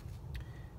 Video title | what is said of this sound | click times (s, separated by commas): How to Replace Sprinter Headlight Bulb | so when you when you push him up when it locks in place | 0.4 s